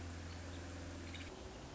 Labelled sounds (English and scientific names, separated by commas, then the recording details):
Nuttall's Woodpecker (Dryobates nuttallii)
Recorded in Sonoma County, California